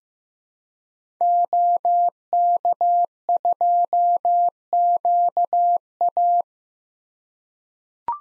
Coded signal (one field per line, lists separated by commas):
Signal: Morse code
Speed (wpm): 15 wpm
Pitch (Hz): 700 Hz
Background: none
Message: OK2QA